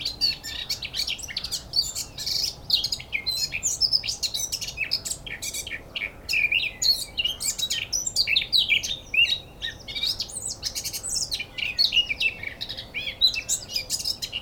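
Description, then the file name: Eurasian blackcap singing a long, unbroken stream of quick, varied chattering and twittering notes, high and busy throughout. "Sylvia atricapilla"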